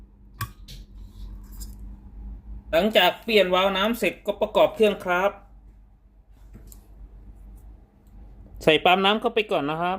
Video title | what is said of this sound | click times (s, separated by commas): เตารีดTefal อาการ ใช้งานเครื่องชักพักมีเสียงดังแต๊กๆๆ ไอน้ำไม่ออก รุ่น GV9820อะไหล่วาล์วน้ำ | Để lắp đầu nối vào van nước, cắm đầu nối và đẩy vào hết cỡ cho đến khi nghe thấy tiếng tách. | 0.4 s